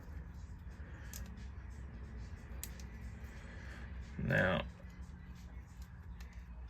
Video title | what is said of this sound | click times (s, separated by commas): Rally gauge upgrade, do not replace the harness, simple modification | That should lock in now. | 2.6 s